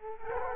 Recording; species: mosquito wingbeat signal from an infrared sensor; Culex quinquefasciatus